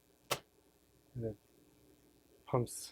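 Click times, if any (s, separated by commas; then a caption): 0.3 s. The release button on a desoldering pump (solder sucker) is pressed, freeing its cocked plunger, which snaps back with a sharp click at 0.3 s as it pumps air back fast. Someone talks afterward.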